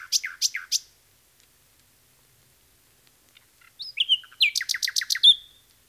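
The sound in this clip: Common nightingale song: a phrase of three quick notes, a pause, then a whistle leading into a fast series of repeated sharp notes.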